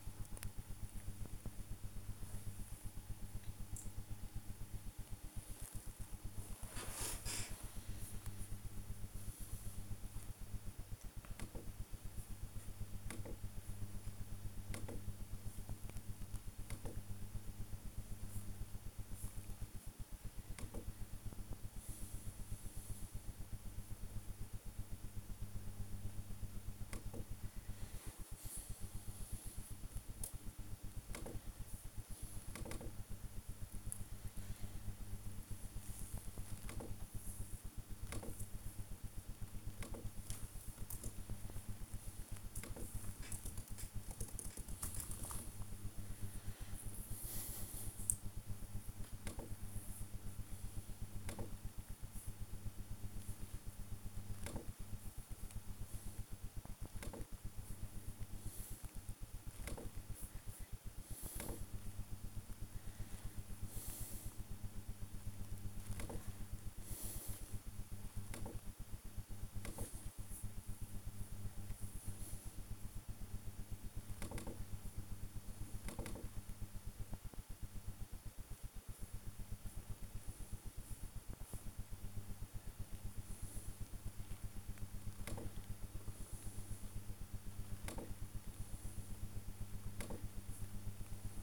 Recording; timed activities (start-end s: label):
household activities, microphone on the right wrist
0.00-41.88 s: working on the computer
48.93-91.43 s: working on the computer